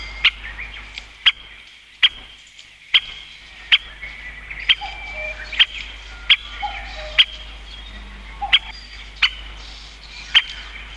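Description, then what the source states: Great Spotted Woodpecker giving a series of sharp, ticking 'kik' calls, roughly a second apart, against faint sounds of other birds. Call (jinaki) said to differ little from the Japanese green woodpecker's, making them hard to tell apart; commoner in eastern than western Japan; its drumming, its song, called the most beautiful, 18–22 strikes per second.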